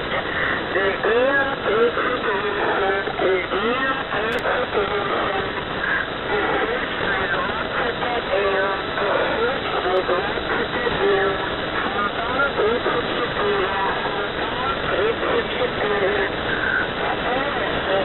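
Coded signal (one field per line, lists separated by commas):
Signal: coded military voice message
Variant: The Squeaky Wheel, Russian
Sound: a male voice reading Russian words over noisy shortwave radio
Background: radio static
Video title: The Squeaky Wheel | 15th August 2023 | "Dlya" Voice Message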